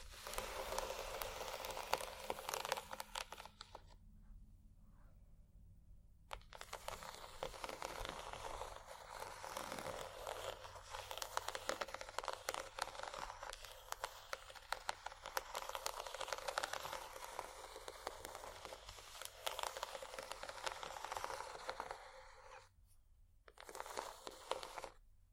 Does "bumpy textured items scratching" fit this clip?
yes